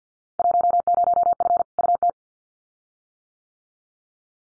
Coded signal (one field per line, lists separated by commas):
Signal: Morse code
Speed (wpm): 50 wpm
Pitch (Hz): 700 Hz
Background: none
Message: 10F UT